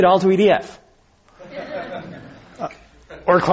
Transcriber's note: laughter